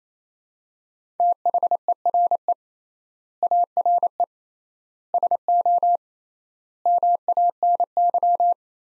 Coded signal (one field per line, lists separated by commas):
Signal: Morse code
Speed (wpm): 27 wpm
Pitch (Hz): 700 Hz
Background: none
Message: THERE ARE SO MANY